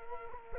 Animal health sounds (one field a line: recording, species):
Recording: mosquito wingbeat signal from an infrared sensor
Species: Culex quinquefasciatus